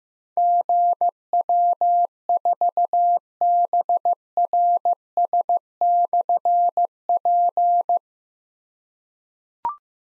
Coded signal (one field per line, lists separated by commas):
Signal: Morse code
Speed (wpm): 15 wpm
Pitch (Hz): 700 Hz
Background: none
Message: GW4BRS/P